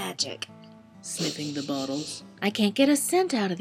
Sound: sniffing the bottles